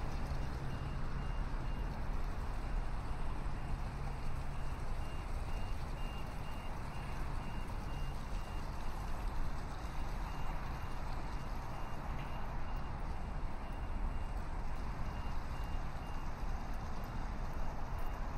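Steady city traffic rumble fills a sunrise walk in downtown Chicago, with a faint low hum early on and a thin high tone throughout.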